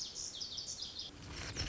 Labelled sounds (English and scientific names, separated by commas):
Lazuli Bunting (Passerina amoena)